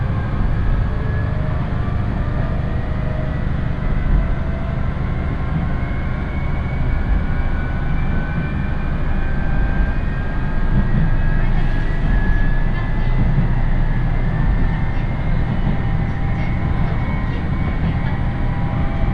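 A single-car local train runs steadily along the line, a dense low rumble and rattle filling the whole stretch with little change in level. Faint whining tones drift slowly up and down above the roar, and a few light clicks surface near the middle.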